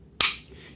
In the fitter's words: can go ahead rotate the feet inward they will snap